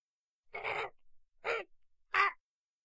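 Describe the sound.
Parrot squawks: three harsh, raspy bursts, the first longest, separated by short gaps, with a few quieter scratchy sounds between them.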